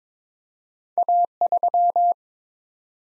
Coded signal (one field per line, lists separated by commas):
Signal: Morse code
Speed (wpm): 21 wpm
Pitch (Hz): 700 Hz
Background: none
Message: A3